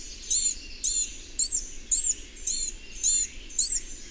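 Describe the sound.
A bird gives clear, high chirped notes about twice a second, against a soft background hiss.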